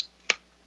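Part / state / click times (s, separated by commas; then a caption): umbrella runner into top spring catch on shaft / seated / 0.3 s. An umbrella's runner is pushed up the shaft until it clicks past the top spring catch at 0.3 s, a single sharp click. The runner stays in place and holds the canopy open.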